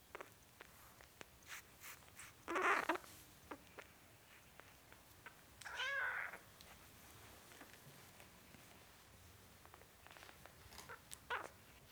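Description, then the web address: Cat: kitten mewing, faint squeaky cries amid soft clicks and background hiss. Four-week-old kitten, meowing. "BBC Sound Effects Library Cats Four Week Old Kitten, Meowing"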